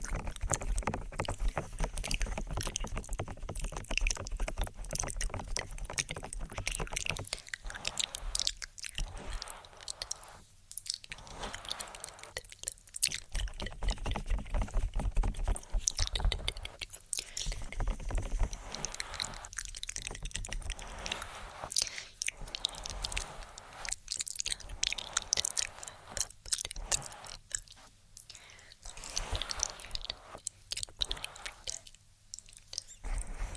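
Inaudible whispering and ear tapping: dense, crackling taps and rustles fill the whole stretch, with soft breathy whispers blending in. The texture stays busy and uneven, broken by brief near-silent gaps around 10, 20, 24 and 32 seconds.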